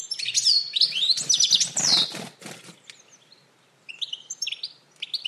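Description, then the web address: Bird calling with sharp, sweeping chirps and twitters, mixed with soft rustling flutters, then a pause before a few more clipped high notes. "Deverinetal. Bird Only"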